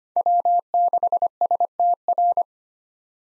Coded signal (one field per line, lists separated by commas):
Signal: Morse code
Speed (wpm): 25 wpm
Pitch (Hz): 700 Hz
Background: none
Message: W6STR